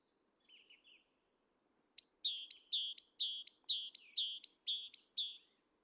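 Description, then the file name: Great tit song: a few soft notes, then a fast run of bright two-note phrases, each high note dropping to a lower one. "Parus major"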